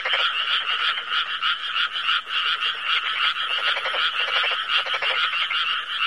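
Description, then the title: Frog chorus of dense, overlapping rapid croaks, a continuous rattling pulsing with many callers at once and no other sounds standing out. "개구리 울음 소리"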